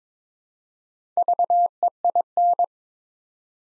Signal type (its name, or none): Morse code